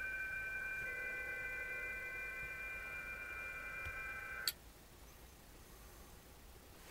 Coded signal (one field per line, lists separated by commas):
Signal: PSK31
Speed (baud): 31.25 baud